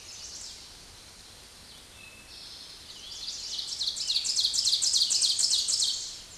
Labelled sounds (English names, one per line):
Ovenbird song